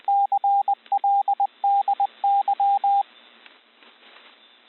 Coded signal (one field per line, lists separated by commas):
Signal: Morse code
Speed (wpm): 20 wpm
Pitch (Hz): 800 Hz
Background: radio noise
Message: CLDY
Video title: Practice Morse code CW recognition